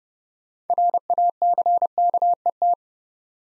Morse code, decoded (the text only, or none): RACKET